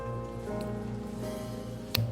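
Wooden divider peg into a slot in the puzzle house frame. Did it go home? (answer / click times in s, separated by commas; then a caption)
yes / 1.9 s. A wooden divider piece from a miniature house puzzle kit is pressed by its peg into a slot at the back of the puzzle house frame while steady music plays. A sharp, short click sounds at 1.9 s as the peg seats in the slot.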